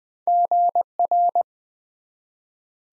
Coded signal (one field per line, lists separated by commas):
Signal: Morse code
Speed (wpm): 20 wpm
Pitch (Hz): 700 Hz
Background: none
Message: GR